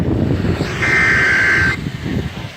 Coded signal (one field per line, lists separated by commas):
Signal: Emergency Alert System (SAME) tones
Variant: header bursts